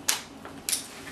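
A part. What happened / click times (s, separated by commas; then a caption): Two plastic catches snapped open, one after the other / 0.1 s, 0.7 s. The release buttons on both sides of a plastic Contours Bliss stroller seat are pressed down to unlock the seat from the stroller frame, so it can be lifted off. Two sharp clicks from the catches letting go are heard at 0.1 s and 0.7 s, with a fainter tick at about 0.5 s in between. The seat is released from the frame.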